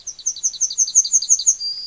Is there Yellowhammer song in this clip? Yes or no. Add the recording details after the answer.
yes. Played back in forest. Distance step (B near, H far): C. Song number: 004